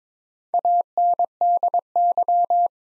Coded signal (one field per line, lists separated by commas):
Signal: Morse code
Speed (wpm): 22 wpm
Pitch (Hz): 700 Hz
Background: none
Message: ANDY